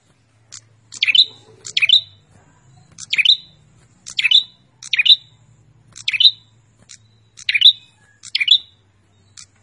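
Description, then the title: Prinia song: quick paired buzzy chirps repeated about once a second over a low steady hum. Described as a vigorous, frequently singing prinia, used as a master recording for training cage birds. "Suara Burung Prenjak Gacor Mantul untuk Masteran"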